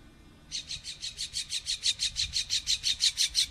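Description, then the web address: Bird calls: after half a second of quiet, a fast, even series of high chirps that gradually grows louder. Bexar County, Texas, 25 March 2006, PM. "bexar Many Birds 20060325 PM"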